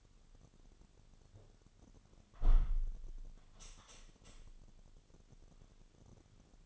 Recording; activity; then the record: daily activity, microphone in the room; close window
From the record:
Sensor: 4